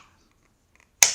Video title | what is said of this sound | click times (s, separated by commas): 10 things to look at when you buy a new knife. | should be able to have a nice click and I snap and make | 1.0 s